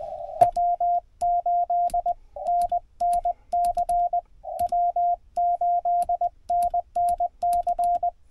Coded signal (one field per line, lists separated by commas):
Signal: Morse code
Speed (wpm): 20 wpm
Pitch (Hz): 700 Hz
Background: radio noise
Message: W8NNC W8NNC